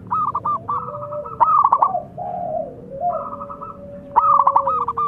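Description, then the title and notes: Zebra dove song of clipped, rapid coo phrases, with a lower cooing tone sliding and holding beneath them. Long-duration lure recording of an actively singing zebra dove (perkutut). "Pancingan Perkutut Durasi Panjang. Suara Burung Perkutut Gacor"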